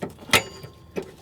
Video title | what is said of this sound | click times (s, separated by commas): How to replace a fuel filter (FAIL) 99-04 mustang | and they click into place just like that and | 0.3 s